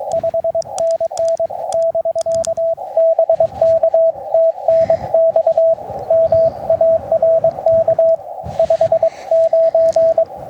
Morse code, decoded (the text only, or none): 5NN <BK> BK TNX MARK 59